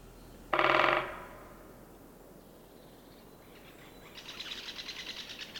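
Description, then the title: Great spotted woodpecker, one short harsh call near the start, then quiet, with faint high pulsing notes toward the end. "Käpytikka"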